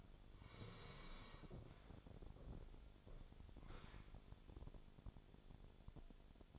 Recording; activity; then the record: daily activity, microphone in the room; sit down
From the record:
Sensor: 5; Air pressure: 1000.5 hPa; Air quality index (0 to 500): 148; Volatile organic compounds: 2 ppm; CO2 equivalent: 1140 ppm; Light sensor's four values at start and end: 47/109/45/48 and 47/110/46/48